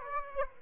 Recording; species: mosquito wingbeat signal from an infrared sensor; Aedes aegypti